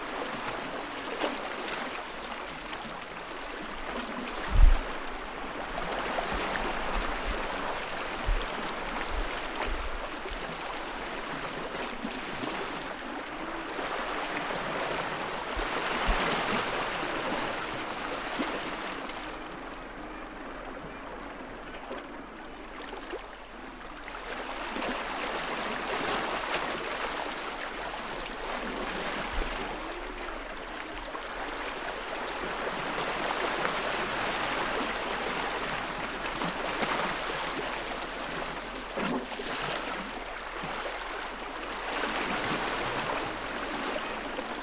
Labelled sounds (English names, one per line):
Gentoo Penguin call